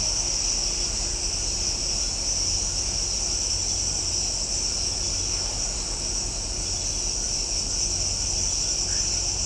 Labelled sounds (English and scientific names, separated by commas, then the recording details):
none
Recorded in shrubland near Pivijay, Magdalena, Colombia, on 1 June 2023 at 00:00
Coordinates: 10.453, -74.365
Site P5-G022